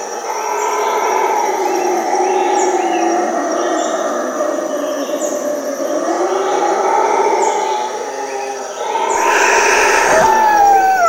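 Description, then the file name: Howler monkey howls surge and ebb in long rasping waves, thin high chirps repeating, and a short harsh burst of sound near the end. Howling at midnight. "Frisson de Minuit Singe Hurleur"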